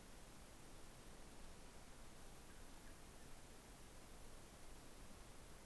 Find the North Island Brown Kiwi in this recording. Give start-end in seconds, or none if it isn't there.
none